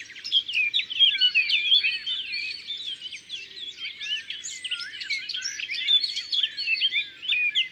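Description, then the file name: Eurasian blackcap song, a hurried jumble of chattering and fluty notes, with a faint low background hum. Recorded in the Drôme, France. "Fauvette a tete noire Concerts Naturels de la Drome Studio les Trois Becs"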